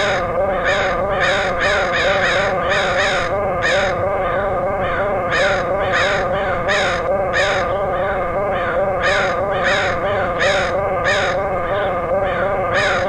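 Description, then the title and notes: Crows calling with many harsh caws in irregular clusters, a constant wavering hum underneath. Crows recorded in Portland, Oregon, in August 2003. "Crows of Portland. Crows recorded by Dan Bodah in Portland, OR, August 2003"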